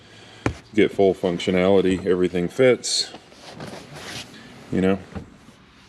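In the cab of a 2020 Ford F-150 Hennessey Velociraptor, the rear bench seat cushion is being handled as it is flipped back down over the subwoofer enclosure toward its cab floor mount. Someone talks throughout, and a brief sharp knock is heard at about 0.5 s. Nothing has seated or latched yet.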